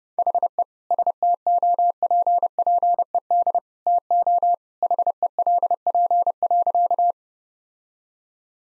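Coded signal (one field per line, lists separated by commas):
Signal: Morse code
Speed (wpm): 30 wpm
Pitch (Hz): 700 Hz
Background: none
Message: HE STOPPED TO HELP.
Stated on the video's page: Morse practice drill of sentences built from common two-word phrases, sent at 30 wpm for head-copy.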